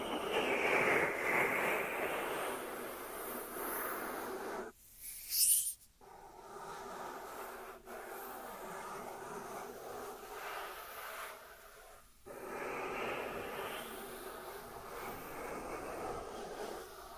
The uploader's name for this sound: Dry Dry Dry Hand Sounds